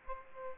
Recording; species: mosquito wingbeat signal from an infrared sensor; Aedes aegypti